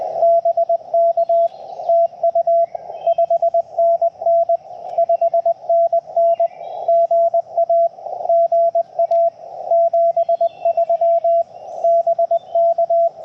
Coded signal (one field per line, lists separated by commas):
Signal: Morse code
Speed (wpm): 20 wpm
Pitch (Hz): 680 Hz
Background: radio noise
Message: BK TU 5NN 5NN GA GA 73 BK